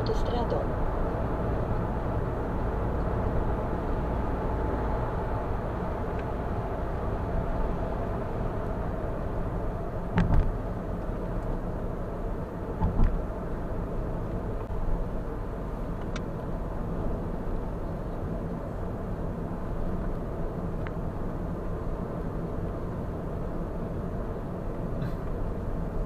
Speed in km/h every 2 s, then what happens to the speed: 79, 79, 82, 77, 67, 58, 55, 53, 50, 49, 49, 49, 49.
0-5 steady at about 79. 5-15 slows to 50. 15-26 steady at about 49.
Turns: 15-26.